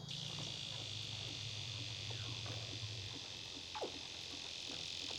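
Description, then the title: Weddell seal calls: a steady high buzzing tone held throughout, one quick downward sweep near the end, and a low droning hum in the first half. Recorded underwater. "Weddell Seals (Underwater)"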